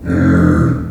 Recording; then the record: squeal of a Yucatan mini pig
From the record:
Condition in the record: after surgery on the right vocal fold (resection and tissue-engineered implant); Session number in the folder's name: 7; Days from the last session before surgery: 47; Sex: female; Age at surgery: 19 weeks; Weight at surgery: 25 kg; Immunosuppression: prednisolone